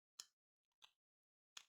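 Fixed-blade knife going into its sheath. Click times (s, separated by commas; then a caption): 0.2 s, 1.6 s. An SDOKEDC DC53 fixed-blade knife is worked in and out of its sheath to test retention, giving sharp clicks at 0.2 s and 1.6 s with a softer click at about 0.9 s and faint ticks in between. The knife seats in the sheath with a faint retention click, but the retention is looser than would be liked.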